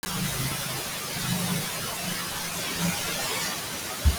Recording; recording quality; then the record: shallow breathing; poor, much background noise or distortion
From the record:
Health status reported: healthy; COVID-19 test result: not tested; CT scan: not taken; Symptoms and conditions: none ticked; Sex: female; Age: 23 years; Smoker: no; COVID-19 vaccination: none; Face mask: worn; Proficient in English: yes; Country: India